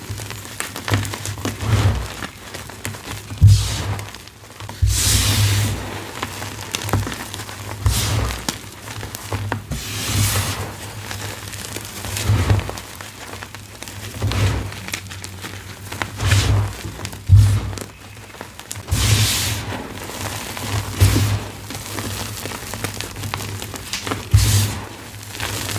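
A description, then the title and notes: Powder and chalk bombs are crushed in a series of crisp, crunchy bursts every few seconds, each a short bright hiss with a gritty crackle. Between crushes, softer rustling continues over a steady low hum. Holi & Glitter Chalk Bombs. Satisfying holi powder and glitter gym chalk bombs crush.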